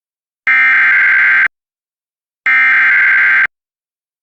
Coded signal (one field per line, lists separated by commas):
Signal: Emergency Alert System (SAME) tones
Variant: header bursts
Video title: EAS Severe Thunderstorm Warning for Franklin and Wake Counties!